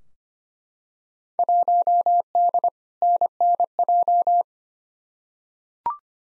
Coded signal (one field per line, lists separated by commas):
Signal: Morse code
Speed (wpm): 25 wpm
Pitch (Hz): 700 Hz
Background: none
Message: 1D NNJ